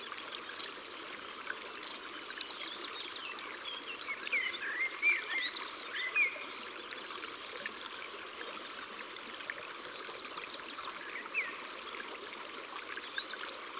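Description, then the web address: Long-tailed tit uttering short bursts of thin, high 'see' notes every few seconds, among softer chirps, with running water throughout. "Mesange a longue queue. abc de la nature"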